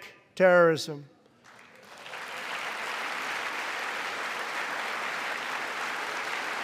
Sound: applause

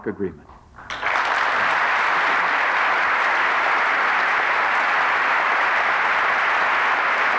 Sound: applause

